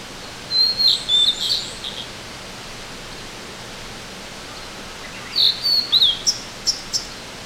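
Bird chirps: two short clusters of high, thin, sliding notes separated by a few seconds of steady hiss.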